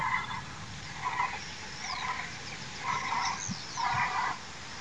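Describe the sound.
Cape vulture calls: harsh, raspy cackling bursts repeated about once a second, five rough chattering phrases over a steady background hiss.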